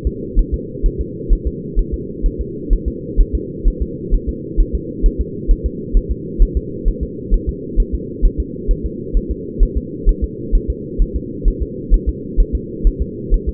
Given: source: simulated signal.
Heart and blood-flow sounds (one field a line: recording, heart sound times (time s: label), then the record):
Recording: fetal heart sounds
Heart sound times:
0.07 s: S2
0.39 s: S1
0.54 s: S2
0.86 s: S1
1.01 s: S2
1.33 s: S1
1.47 s: S2
1.79 s: S1
1.94 s: S2
2.26 s: S1
2.41 s: S2
2.73 s: S1
2.88 s: S2
3.20 s: S1
3.35 s: S2
3.68 s: S1
3.82 s: S2
4.14 s: S1
4.29 s: S2
4.60 s: S1
4.75 s: S2
5.06 s: S1
5.21 s: S2
5.51 s: S1
5.66 s: S2
5.97 s: S1
6.11 s: S2
6.42 s: S1
6.57 s: S2
6.88 s: S1
7.03 s: S2
7.34 s: S1
7.49 s: S2
7.80 s: S1
7.94 s: S2
8.25 s: S1
8.40 s: S2
8.71 s: S1
8.86 s: S2
9.17 s: S1
9.31 s: S2
9.63 s: S1
9.77 s: S2
10.09 s: S1
10.24 s: S2
10.55 s: S1
10.70 s: S2
11.02 s: S1
11.16 s: S2
11.48 s: S1
11.62 s: S2
11.94 s: S1
12.09 s: S2
12.40 s: S1
12.55 s: S2
12.87 s: S1
13.02 s: S2
13.34 s: S1
13.49 s: S2
From the record:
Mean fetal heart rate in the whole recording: 130 bpm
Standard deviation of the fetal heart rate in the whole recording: 2 bpm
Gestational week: 38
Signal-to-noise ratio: -4.1 dB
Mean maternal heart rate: no maternal heart sound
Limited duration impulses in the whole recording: absent